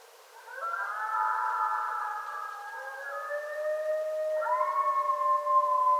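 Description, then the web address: Coyotes howling, several overlapping sustained wavering howls at different pitches, one voice sliding up and joining others near the end. More than one coyote, 9 February 2013. "Coyote 2013 02 09 Coyotes"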